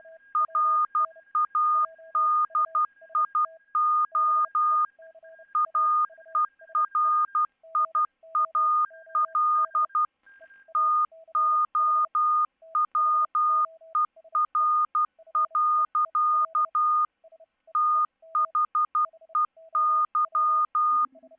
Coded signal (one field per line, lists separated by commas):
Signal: Morse code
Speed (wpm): 12 wpm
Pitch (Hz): 1220 Hz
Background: none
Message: RADIO AERIAL TOWER. THEY